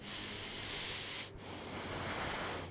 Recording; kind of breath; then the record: one breath in and out by a microphone near the nose and mouth; deep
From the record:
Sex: male